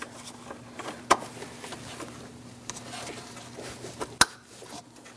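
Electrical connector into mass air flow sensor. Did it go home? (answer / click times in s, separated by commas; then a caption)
yes / 4.2 s. A plastic electrical connector is pushed onto the mass air flow sensor of a 2006-2011 Chevrolet HHR 2.4L L4, with quiet handling sounds, a sharp tap near 1.1 s and a low steady hum underneath. A loud, crisp click at 4.2 s marks the connector latching, confirming it is seated.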